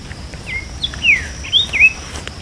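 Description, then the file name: Bird uttering several brisk whistled notes, descending and rising slurs, with a constant thin high tone and light background hiss. "SABIOD bird 2015"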